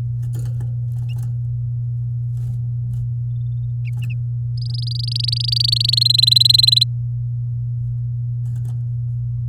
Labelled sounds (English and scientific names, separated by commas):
Domestic Canary (Serinus canaria) song